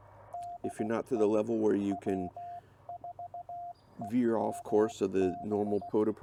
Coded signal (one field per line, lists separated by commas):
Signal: Morse code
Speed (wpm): 16 wpm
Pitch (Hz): 700 Hz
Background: speech, radio noise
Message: DE W4EMB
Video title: CW POTA, Follow along with me.